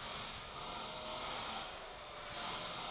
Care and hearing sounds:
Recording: daily activity, microphone in the room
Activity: vacuum cleaning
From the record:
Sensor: 5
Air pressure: 1009.7 hPa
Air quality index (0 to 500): 167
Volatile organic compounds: 4 ppm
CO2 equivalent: 1619 ppm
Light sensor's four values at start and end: 108/285/117/125 and 108/285/117/125

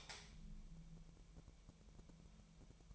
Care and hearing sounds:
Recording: daily activity, microphone in the room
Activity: light on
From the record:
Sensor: 1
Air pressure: 1001.9 hPa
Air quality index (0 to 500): 245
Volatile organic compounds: 49 ppm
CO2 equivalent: 3279 ppm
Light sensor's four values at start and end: 5/11/4/5 and 9/26/10/11

